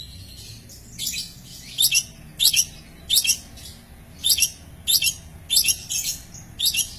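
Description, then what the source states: Long-tailed shrike song: short squeaky chirps repeated at irregular intervals over a faint background hiss. Masteran recording, a collection of various songbird sounds used for training songbirds.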